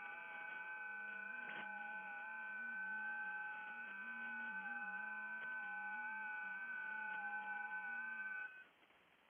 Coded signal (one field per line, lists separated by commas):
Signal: FT8